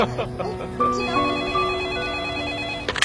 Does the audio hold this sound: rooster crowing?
no